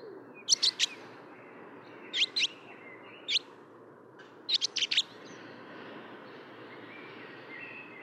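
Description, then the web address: Barn swallow with bright, clipped chirps in small bursts of one to four over a steady background hiss. "fugler laavesvale"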